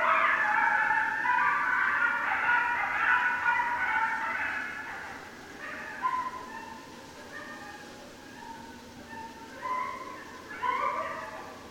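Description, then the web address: Coyote chorus of overlapping yips and quavering howls, loud at first then thinning to scattered short yelps and rising wails toward the end. Several coyotes, 6 January 2013. "Coyote 2013 01 06 Coyotes"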